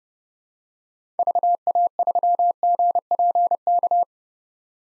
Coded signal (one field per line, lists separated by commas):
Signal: Morse code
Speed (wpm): 30 wpm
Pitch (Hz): 700 Hz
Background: none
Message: VA3GPK